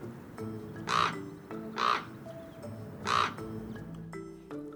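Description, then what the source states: Common raven calls, three harsh hoarse croaks, with faint music in the background. Played back as a quiz sound.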